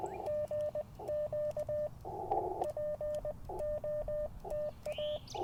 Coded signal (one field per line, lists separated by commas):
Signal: Morse code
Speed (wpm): 20 wpm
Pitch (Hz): 600 Hz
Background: radio noise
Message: GQ POTA